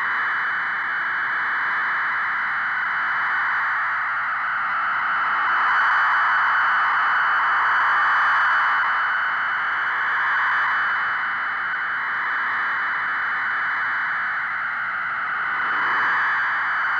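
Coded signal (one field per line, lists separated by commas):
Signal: fast PSK data mode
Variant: PSKR 1880 wpm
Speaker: finally we will take the pskr mode to its outer limits this is the ridiculously fast pskr 1880 words per minute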